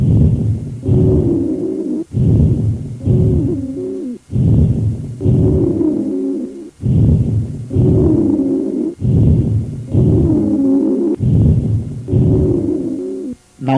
Continuous high-pitched musical sounds heard during expiration.